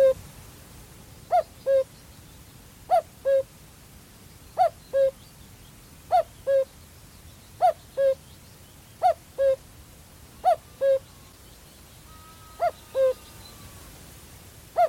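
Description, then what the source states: Common Cuckoo giving its familiar falling two-note cuckoo over and over, about every one and a half seconds, with a faint whistled note near the end. Male cuckoo, a summer migrant; recorded on a lowland heath in Staffordshire.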